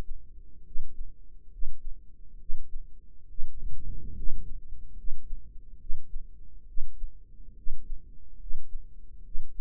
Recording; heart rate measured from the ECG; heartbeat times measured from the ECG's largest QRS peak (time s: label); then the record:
heart sounds by microphone in the right ear; 70 bpm
0.66 s: heartbeat
1.53 s: heartbeat
2.40 s: heartbeat
3.29 s: heartbeat
4.17 s: heartbeat
4.98 s: heartbeat
5.80 s: heartbeat
6.68 s: heartbeat
7.57 s: heartbeat
8.41 s: heartbeat
9.25 s: heartbeat
From the record:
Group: healthy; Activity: rest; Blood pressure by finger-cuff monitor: 142/87 mmHg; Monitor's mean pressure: 102 mmHg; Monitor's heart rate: 69 bpm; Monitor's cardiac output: 7.5 L/min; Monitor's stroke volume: 109 mL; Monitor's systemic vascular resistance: 990 dyn s/cm5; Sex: male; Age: 30 years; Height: 188 cm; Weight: 110.2 kg